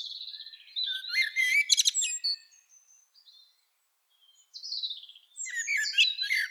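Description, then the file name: Common blackbird twittering in two bursts of squeaky, high chirps and slurred notes, broken by a quiet gap of about two seconds. "Turdus merula"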